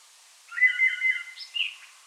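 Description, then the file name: Common blackbird giving one short fluty, warbled phrase that ends in a brief higher squeaky flourish, with quiet background hiss. "Turdus merula"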